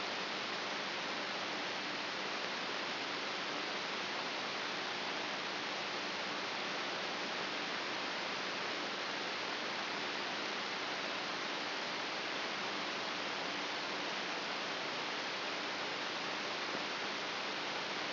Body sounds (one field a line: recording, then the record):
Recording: brain microelectrode recording played as sound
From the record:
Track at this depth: outside the subthalamic nucleus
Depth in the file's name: 5.02 mm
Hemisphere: left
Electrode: 3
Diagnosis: Parkinson's disease